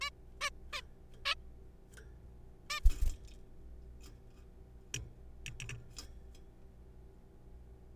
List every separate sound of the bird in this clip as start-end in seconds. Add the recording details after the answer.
0.01-0.10, 0.41-0.50, 0.73-0.82, 1.25-1.35, 2.70-2.80. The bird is a juvenile. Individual R3428